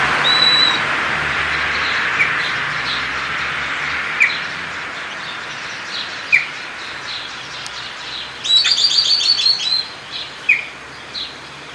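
Bird calls: scattered short chirps, then a brief buzzy trill of rapid notes, all over a loud hiss of background noise that eases throughout.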